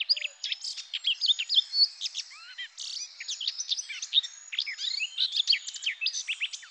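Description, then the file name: Eurasian blackcap singing a fast, chattering warble of scratchy notes and short whistled slurs, with brief pauses between bursts. "Fauvette-à-tête-noire"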